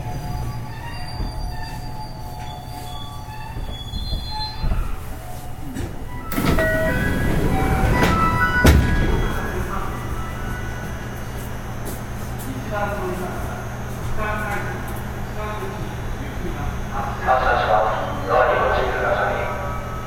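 A 207 series electric train running, with a steady low rumble and droning hum throughout. Around six to nine seconds a loud rushing surge swells with a sharp clack near the end of it, and faint voices or tonal whines rise briefly near the close.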